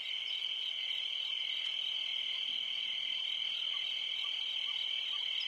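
Continuous piercing cricket trill, very even in pitch, with a faint click partway through.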